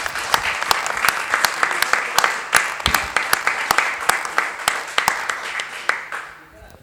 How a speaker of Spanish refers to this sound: Los aplaudimos y les agradecemos.